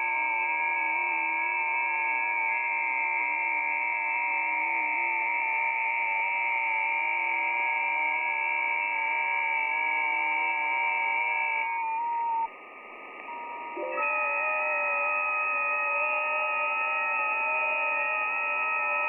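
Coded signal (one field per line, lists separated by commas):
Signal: FT8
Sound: many overlapping soft warbling tones, briefly dropping out before restarting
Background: radio static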